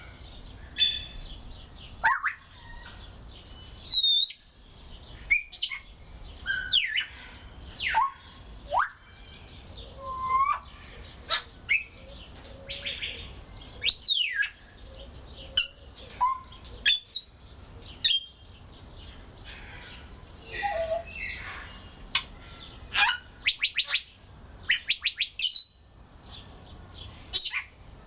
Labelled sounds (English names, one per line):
Grey Parrot